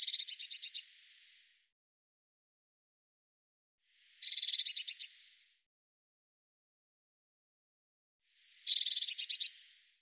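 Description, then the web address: Eurasian blue tit calls: three churr bursts of fast repeated high notes, spaced roughly four seconds apart, otherwise quiet. "cianscape birddata Deverinetal 2025 File cleaned normalized Bird Cy Ca"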